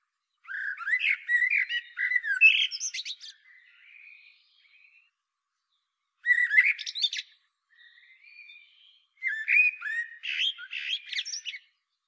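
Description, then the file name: Common blackbird song in three phrases of mixed fluty and chattering notes, the first two each followed by softer, subdued warbling before a silent gap. "Turdus merula"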